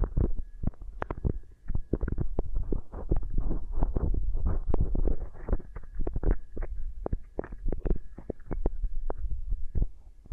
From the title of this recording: Beeswax Ear Triggers